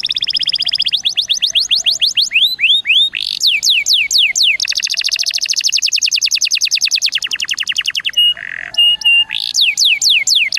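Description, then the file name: Canary song with quick series of falling whistles, then dense rapid trills, a brief nasal note near the end, and more sweeping whistles. Canary song in the cengkok mewah (ornate) song style. "suara kenari cengkok mewah"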